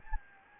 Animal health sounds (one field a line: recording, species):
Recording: mosquito wingbeat signal from an infrared sensor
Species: Anopheles gambiae